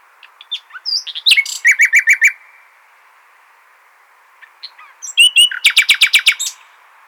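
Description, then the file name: Common nightingale song in two phrases, each with introductory chirps and a fast, repeated rattling series of notes. "Luscinia megarhynchos"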